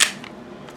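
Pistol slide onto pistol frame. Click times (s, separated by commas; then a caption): 0.0 s. A Walther P99 AS 3rd Gen .40 S&W polymer pistol is being reassembled, with its slide lined up with the frame and slid on until it snaps into place. A sharp, bright snap at 0.0 s is followed by two fainter clicks near 0.2 s and 0.7 s. The slide is seated on the frame.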